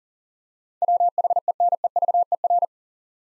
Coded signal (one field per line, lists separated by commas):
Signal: Morse code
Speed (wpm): 40 wpm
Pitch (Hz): 700 Hz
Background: none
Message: WHENEVER